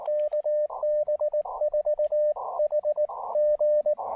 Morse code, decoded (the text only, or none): KB4HG